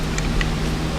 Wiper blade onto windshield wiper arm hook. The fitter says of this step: pull till you hear the audible click pretty